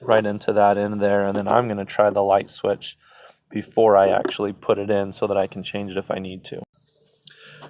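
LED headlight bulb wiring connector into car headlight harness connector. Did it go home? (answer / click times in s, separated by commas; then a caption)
yes / 7.3 s. Someone talks while pushing the plastic wiring connector of a Yorkim H11 LED headlight bulb by hand onto the headlight harness connector of a 2008 Toyota Camry. After a quiet pause, a short sharp click at 7.3 s marks the two pieces locking together, and the connector is seated.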